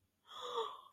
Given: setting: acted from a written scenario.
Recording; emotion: vocal sound without words; adoration